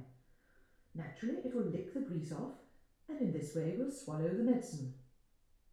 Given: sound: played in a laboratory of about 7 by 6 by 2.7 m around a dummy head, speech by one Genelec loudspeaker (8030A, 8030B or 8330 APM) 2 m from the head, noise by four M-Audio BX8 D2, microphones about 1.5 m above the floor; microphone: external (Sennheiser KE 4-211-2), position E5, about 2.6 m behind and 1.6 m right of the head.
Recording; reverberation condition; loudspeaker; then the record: female speech in English; medium; 150 degrees to the right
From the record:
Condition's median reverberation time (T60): about 510 ms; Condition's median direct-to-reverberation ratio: about -0.5 dB